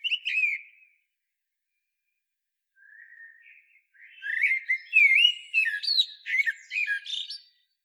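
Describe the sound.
Common blackbird song: a short fluty phrase, a quiet soft warble, then a long run of varied whistles breaking into high squeaky twittering.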